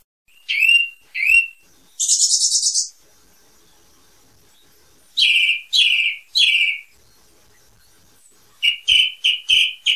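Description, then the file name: Song thrush singing: clear, high phrases, each repeated two to four times, including one buzzy rattling note, with short pauses between phrases. "TORDOMARZO"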